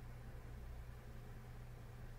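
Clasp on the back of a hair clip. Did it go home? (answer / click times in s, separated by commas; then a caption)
no / none. A clasp on the back of a hair clip comes apart and is handled to clip back together. Only a steady low hum and broadband hiss are heard, with no distinct ticks. Nothing has seated or clicked yet.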